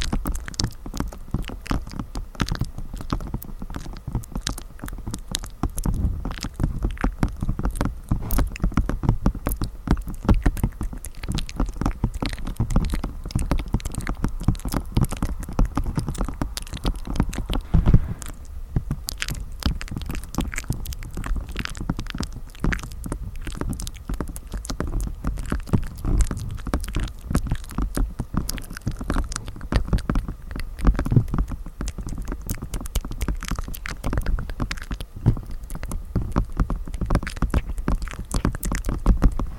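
Dense clicking and pattering runs without pause for the whole forty seconds, a mix of soft mouth sounds and light tapping right against the microphone. The texture stays steady, with a low rumble underneath and a brief dip in activity around eighteen seconds.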